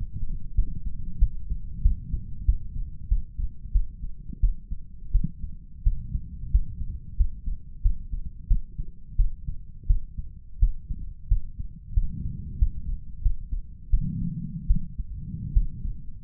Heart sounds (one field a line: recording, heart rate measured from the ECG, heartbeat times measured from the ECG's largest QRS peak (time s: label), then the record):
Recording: heart sounds by stethoscope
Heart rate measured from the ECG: 88 bpm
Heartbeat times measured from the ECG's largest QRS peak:
0.55 s: heartbeat
1.19 s: heartbeat
1.82 s: heartbeat
2.46 s: heartbeat
3.09 s: heartbeat
3.72 s: heartbeat
4.40 s: heartbeat
5.12 s: heartbeat
5.83 s: heartbeat
6.51 s: heartbeat
7.17 s: heartbeat
7.82 s: heartbeat
8.48 s: heartbeat
9.16 s: heartbeat
9.87 s: heartbeat
10.59 s: heartbeat
11.28 s: heartbeat
11.94 s: heartbeat
12.58 s: heartbeat
13.22 s: heartbeat
13.90 s: heartbeat
14.67 s: heartbeat
15.53 s: heartbeat
From the record:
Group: healthy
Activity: light exercise 0-3 s, rest 3-16 s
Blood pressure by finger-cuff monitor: 114/67 mmHg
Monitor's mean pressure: 83 mmHg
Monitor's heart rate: 91 bpm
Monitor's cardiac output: 7.1 L/min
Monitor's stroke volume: 81 mL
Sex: male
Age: 35 years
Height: 178 cm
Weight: 64 kg